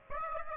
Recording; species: mosquito wingbeat signal from an infrared sensor; Aedes aegypti